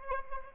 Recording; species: mosquito wingbeat signal from an infrared sensor; Aedes albopictus